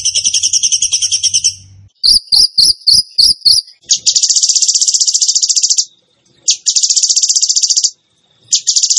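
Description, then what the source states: Bird song: a fast high trill, a pause, a few sharp separate chirps, then repeated bursts of very rapid, high rattling notes. Training recording (masteran) for teaching cage birds, in the rapid-fire tembakan gacor song style.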